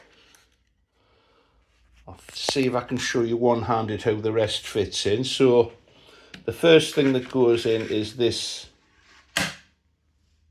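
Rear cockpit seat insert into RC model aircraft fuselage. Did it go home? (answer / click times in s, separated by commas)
yes / 9.4 s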